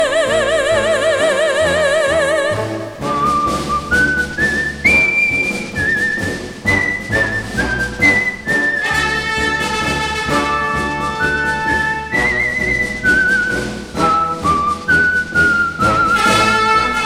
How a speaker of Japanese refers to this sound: みんながみんな歌うんだ、あの口笛に合わそうよ。